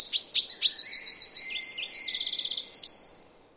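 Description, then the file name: Eurasian wren singing a fast, high-pitched jumble of trills and clear repeated notes for about three seconds, including a tight rattling trill near the end, before fading out. "Troglodytes troglodytes"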